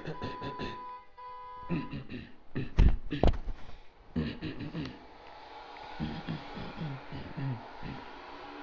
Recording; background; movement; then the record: throat clearing; traffic; sitting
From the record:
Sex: male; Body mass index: 23.7 kg/m2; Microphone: on the chest, facing outward